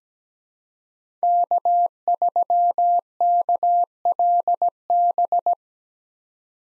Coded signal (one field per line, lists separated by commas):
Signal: Morse code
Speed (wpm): 17 wpm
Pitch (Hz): 700 Hz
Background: none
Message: K3KLB